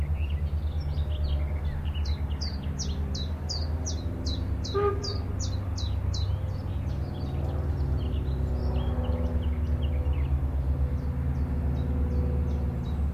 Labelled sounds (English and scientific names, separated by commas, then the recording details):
Willow Warbler (Phylloscopus trochilus)
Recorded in captivity
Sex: male
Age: adult
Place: Volierenanlage, Zoologisches Institut Universität Tübingen, Baden-Württemberg, DE
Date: 1966-06-15
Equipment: Nagra III PH, MD 421, LGS26
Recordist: Schneider, Hans-Joachim
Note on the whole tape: Voliere IV. Phylloscopus trochilus trochilus "sylvestris". Meist coll.-artige Gesänge. MaAs:M.Sch